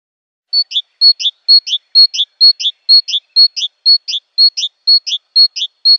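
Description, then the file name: Great tit song: a crisp, evenly paced phrase of a steady note and a quick falling note, repeated about twelve times, twice per second. "BOGATKA"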